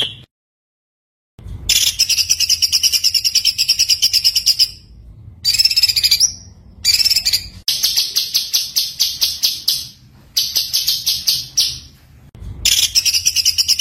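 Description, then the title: White-eye song: rapid high chattering bursts in several runs broken by abrupt silences. Masteran (tutor recording) of a gacor, continuously singing white-eye, with full tembakan bursts. "Masteran Burung Pleci Gacor Full Tembakan"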